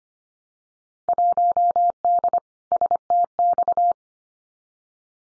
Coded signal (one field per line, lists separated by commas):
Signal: Morse code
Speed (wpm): 25 wpm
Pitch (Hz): 700 Hz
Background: none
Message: 1D STX